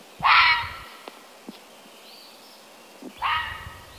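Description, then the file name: Fisher calls: a strong harsh screech at the start and a weaker one about three seconds later, with light clicks between. "Fisher cat sound"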